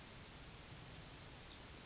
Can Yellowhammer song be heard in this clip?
no